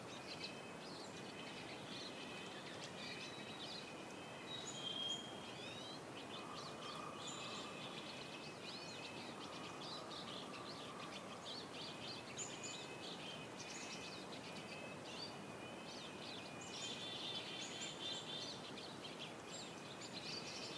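Birds chirp and trill continuously in high bright bursts over a steady rushing breeze through trees, with a brief low tone around seven seconds.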